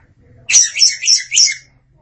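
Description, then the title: Oriental magpie-robin song: one phrase of four linked high notes lasting just over a second, with faint low background hum. Long-duration birdsong. "Suara Kicauan Burung Kacer Durasi Panjang"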